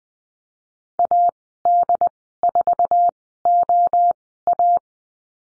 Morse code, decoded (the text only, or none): AD4OA